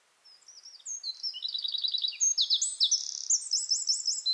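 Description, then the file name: Eurasian wren song starting softly and swelling into a rapid, high-pitched run of trills and sharp repeated notes that continues to the end. "Troglodytes troglodytes"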